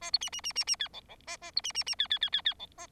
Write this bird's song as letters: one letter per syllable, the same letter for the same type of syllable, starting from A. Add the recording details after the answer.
A B C C C C C D E E A A B C C C D D D D D E A. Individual Bird4